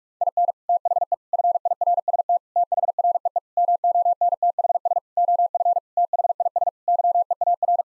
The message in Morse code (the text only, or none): IN THE FIRST THREE MONTHS OF THIS YEAR